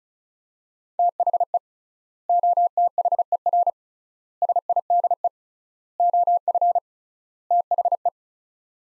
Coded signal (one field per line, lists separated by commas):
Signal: Morse code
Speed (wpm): 36 wpm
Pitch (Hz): 700 Hz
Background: none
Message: THE OTHER SIDE OF THE